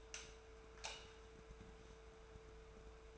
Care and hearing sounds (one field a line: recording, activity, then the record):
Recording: daily activity, microphone in the room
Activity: light off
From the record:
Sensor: 2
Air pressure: 1014.4 hPa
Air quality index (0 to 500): 175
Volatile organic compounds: 11 ppm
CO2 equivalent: 2316 ppm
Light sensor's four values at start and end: 36/92/39/43 and 31/77/33/37